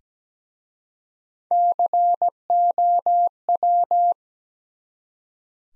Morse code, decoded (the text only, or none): COW